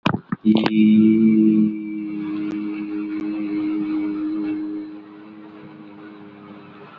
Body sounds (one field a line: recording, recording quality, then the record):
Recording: sustained vowel as in beet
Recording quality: excellent, no background noise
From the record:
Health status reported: COVID-19 positive, mild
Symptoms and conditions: cough, cold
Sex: male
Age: 54 years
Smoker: not ticked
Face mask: worn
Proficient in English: yes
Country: India